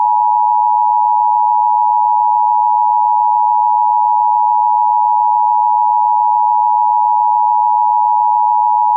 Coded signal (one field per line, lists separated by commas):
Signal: Emergency Alert System (SAME) tones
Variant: 853 and 960 Hz attention tone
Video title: EAS Scenario - Vampire Hunters (Part 2)